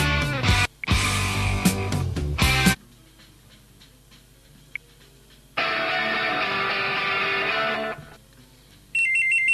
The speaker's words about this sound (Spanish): Ahí está sonando el teléfono.